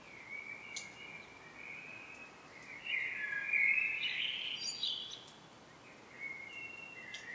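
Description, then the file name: Common blackbird song, a soft fluted phrase swelling in the middle and ending in a thin high squeak, with quieter faint warbles before and after. "Turdus merula"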